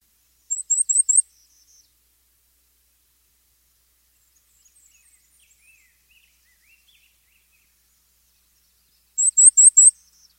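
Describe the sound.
Bird call: a quick burst of four very high, thin notes, heard once and then again after about eight seconds of near silence.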